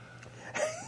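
A single brief, breathy airflow sound with a thin, rising whistling pitch over about half a second. An adult deliberately imitates wheezing, the musical whistle of air through narrowed airways, during an allergy attack treated with Benadryl and puffs of an inhaler.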